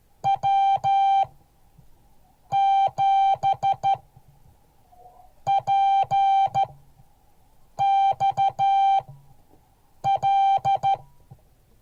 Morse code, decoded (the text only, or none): W7PXL